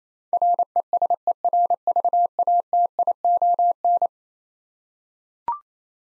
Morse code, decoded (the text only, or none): RESERVATION